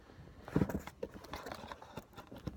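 The end of a pump tube is handled at the white valve of a vacuum splint, with soft rustling and a few light taps and knocks. The tube has not been pushed home yet, so nothing has clicked or seated; that click is what shows the fitting is fully secured.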